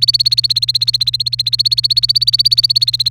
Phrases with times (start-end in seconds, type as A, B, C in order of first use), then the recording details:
0.00-3.11 A. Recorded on 28 April 2018 at 13:33. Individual llb3